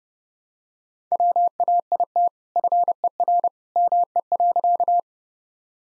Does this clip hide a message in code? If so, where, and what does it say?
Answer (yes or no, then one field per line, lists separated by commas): yes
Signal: Morse code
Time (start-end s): 1.1-5.0 s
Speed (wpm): 30 wpm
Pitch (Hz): 700 Hz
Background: none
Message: WAIT FER ME.